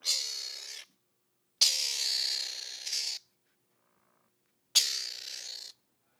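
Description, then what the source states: Mongoose giving long breathy hisses, three drawn-out bursts, the middle one longest at about one and a half seconds, with short silences between them. Recorded in summer 2014.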